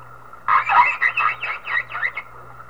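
Whale calls: a quick run of squeaky tones that sweep up and down, about eight units over under two seconds, over a steady low hum.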